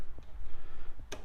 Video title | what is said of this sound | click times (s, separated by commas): Super Handy and Underrated Tool Review! [DeWalt 20v Max Inflator] | you can snap that on there and tuck that away | 1.1 s